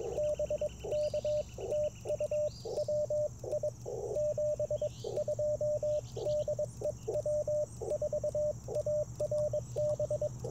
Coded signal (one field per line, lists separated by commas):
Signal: Morse code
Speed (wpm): 21 wpm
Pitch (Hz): 590 Hz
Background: radio noise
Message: BK TU WI 72 DE W4ARB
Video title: Morning Morse Code - 10/05/2024